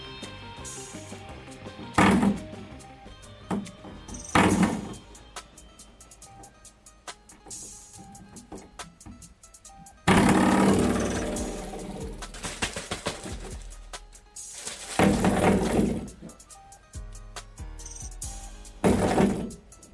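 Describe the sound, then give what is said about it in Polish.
A door spring is played as a musical instrument, with twangy, wobbling metallic tones and scrapes coming in loud bursts separated by quieter rattling passages, with no voices. “Może posłuchajmy krótkiego utworu … właśnie ze sprężyną do drzwi.”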